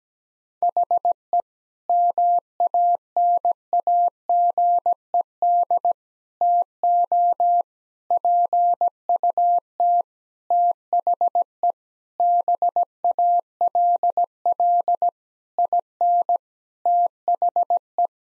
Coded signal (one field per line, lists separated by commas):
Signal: Morse code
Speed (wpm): 17 wpm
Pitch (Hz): 700 Hz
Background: none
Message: HE MANAGED TO PUT THE BALL IN THE